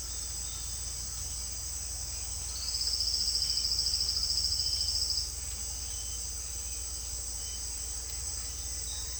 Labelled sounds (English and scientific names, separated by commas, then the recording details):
none
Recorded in secondary vegetation near Puerto Asís, Putumayo, Colombia, on 8 March 2025 at 18:00
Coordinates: 0.498, -76.327
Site G001